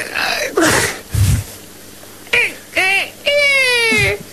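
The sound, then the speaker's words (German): A person imitates a rooster's crow, "Kikeriki", as a voice exercise: a few short, strained vocal bursts, then a longer high-pitched call that holds and slides down at the end, fairly loud. “ich sag's mal beide noch zu sehr, es kommt mir zu sehr das Ding noch durch, das Kikeriki.”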